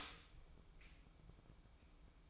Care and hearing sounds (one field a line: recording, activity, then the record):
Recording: daily activity, microphone in the room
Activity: stop toaster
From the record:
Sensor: 1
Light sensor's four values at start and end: 9/21/9/10 and 9/21/8/10